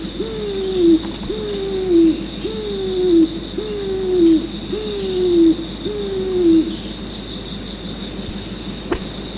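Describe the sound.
Pigeon giving six evenly spaced, hollow coos, each with a quick rise and a long falling glide, about one per second, then quiet with a steady high hum.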